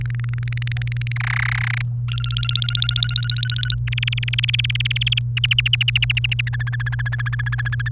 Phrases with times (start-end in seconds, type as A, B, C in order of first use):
0.01-1.12 A, 1.16-1.82 B, 2.08-3.74 C, 3.87-5.19 D, 5.37-6.41 E, 6.47-7.89 F